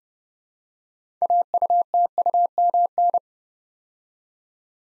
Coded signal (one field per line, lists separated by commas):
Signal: Morse code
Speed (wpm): 30 wpm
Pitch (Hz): 700 Hz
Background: none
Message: AUTUMN